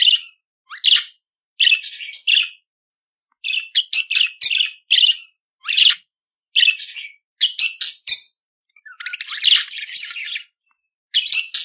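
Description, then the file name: Budgerigar warbling in raspy chirps and upward squeaks, grouped in short phrases, with one longer buzzy stretch near the end. "Canto do periquito australiano"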